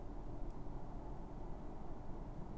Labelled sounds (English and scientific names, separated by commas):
Tawny Owl (Strix aluco)